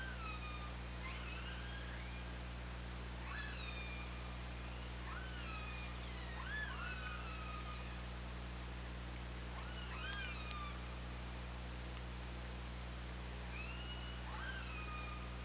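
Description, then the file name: Killer whale calls in scattered bursts, arched and downslurred tones with harmonic bands, quieter gaps between groups, steady low underwater hum beneath. Recorded on the OrcaLab hydrophone, 24 August 2017 at 22:52. "Orca Lab 20170824 225201"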